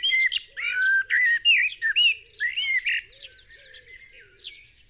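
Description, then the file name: Common blackbird song, loud mellow whistled phrases in the first three seconds, then fading into busy high chirping, with low cooing notes repeated underneath. "Turdus merula"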